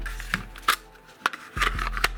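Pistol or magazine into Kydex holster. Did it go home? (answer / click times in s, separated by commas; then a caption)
yes / 1.3 s. A Sig Sauer P365 is pushed into a GRITR Kydex holster that also has a mag pouch, with handling rubs and taps around 0.3 s and 0.7 s over a steady low hum. The retention locks with a sharp, bright click at 1.3 s, followed by a few lighter taps near 1.8 s to 2.1 s. The pistol is seated and locked in.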